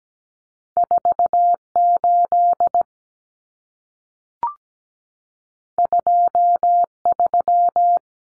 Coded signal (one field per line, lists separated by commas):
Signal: Morse code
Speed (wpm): 17 wpm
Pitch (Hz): 700 Hz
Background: none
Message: 48 23